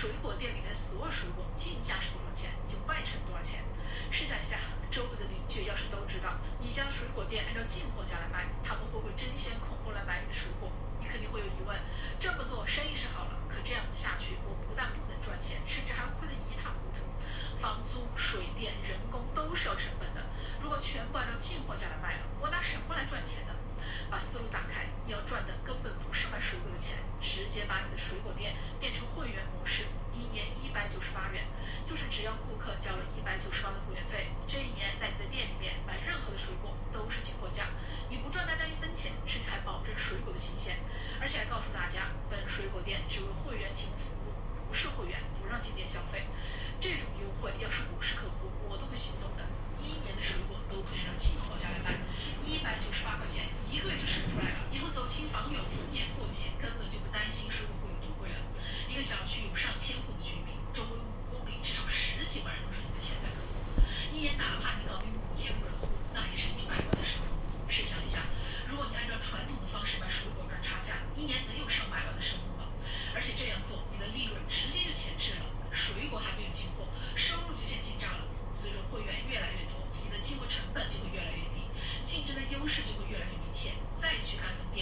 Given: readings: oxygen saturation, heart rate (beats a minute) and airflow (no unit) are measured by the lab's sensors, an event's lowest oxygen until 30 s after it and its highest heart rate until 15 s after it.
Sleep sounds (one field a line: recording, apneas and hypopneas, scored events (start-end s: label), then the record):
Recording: a person awake in a sleep study, by a smartphone at the bedside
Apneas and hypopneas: none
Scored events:
0.00-84.82 s: awake
From the record:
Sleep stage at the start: awake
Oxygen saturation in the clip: 92 to 94%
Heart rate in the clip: 58 to 82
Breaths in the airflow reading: 28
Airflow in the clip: -8.0 to 8.8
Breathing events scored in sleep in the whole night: 476 in 9.7 hours asleep